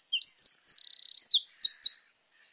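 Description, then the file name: Eurasian wren song: a quick, high, tumbling phrase of sharp twittering notes with a brief buzzy trill, ending abruptly after about two seconds. "Troglodytes troglodytes"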